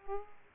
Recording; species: mosquito wingbeat signal from an infrared sensor; Aedes aegypti